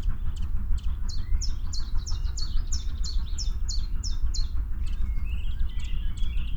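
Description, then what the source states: Common chiffchaff singing a sequence of sharp, high notes at a regular beat, with low rumbling noise underneath. Song of an adult bird.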